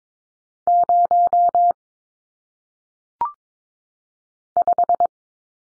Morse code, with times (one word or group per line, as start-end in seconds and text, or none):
0.7-1.7 0
4.6-5.1 5